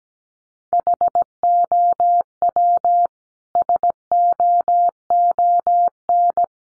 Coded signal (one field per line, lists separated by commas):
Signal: Morse code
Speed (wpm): 17 wpm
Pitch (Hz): 700 Hz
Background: none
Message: HOW SOON